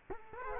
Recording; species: mosquito wingbeat signal from an infrared sensor; Culex quinquefasciatus